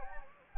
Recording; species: mosquito wingbeat signal from an infrared sensor; Anopheles gambiae